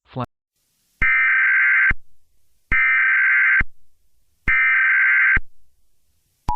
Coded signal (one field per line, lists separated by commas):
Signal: Emergency Alert System (SAME) tones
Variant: header bursts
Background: speech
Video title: EAS Scenario #2: The Deep Freeze (watch till the end)